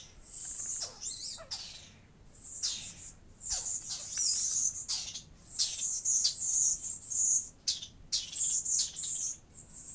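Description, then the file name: Garden dormouse giving shrill high-pitched squeaks and twitters in uneven clusters, broken by short crackling, scratchy noises and brief pauses. "Laute Eliomys quercinus"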